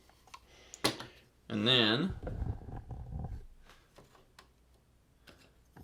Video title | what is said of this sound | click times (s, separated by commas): Astro Megazord - ZAP Hasbro Lightning Collection | and they kind of Click into place | 0.9 s